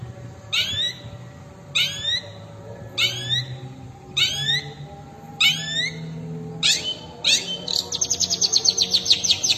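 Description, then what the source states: Long-tailed shrike song: sharp, sweeping chirped phrases repeated roughly every 1.2 seconds, ending in a fast rattling trill, over a steady low hum. Combination song (kombinasi).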